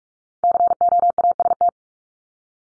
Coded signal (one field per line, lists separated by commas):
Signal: Morse code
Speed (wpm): 44 wpm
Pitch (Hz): 700 Hz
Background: none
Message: COAST